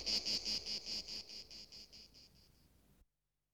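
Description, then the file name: Cicada buzzing song, a high shrill pulse repeated rapidly, fading steadily and stopping after three seconds into silence. "Animal Cicadas"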